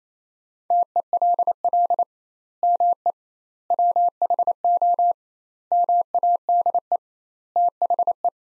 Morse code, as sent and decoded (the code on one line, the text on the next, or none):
- . .-.. .-.. / -- . / .-- .... --- / -- .- -.. . / - .... .
TELL ME WHO MADE THE